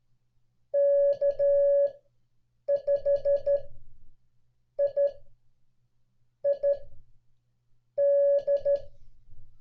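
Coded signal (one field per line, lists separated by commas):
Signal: Morse code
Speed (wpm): 12 wpm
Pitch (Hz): 560 Hz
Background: none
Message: K5IID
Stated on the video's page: Call sign copying practice for CW students, made to resemble on-air listening with no instant feedback.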